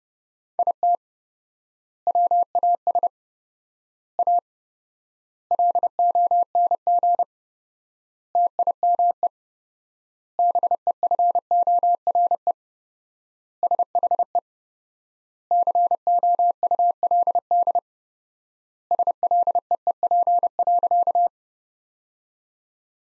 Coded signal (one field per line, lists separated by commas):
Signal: Morse code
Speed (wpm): 30 wpm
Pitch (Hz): 700 Hz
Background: none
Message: IT WAS A LONG TIME BEFORE SHE COULD SLEEP.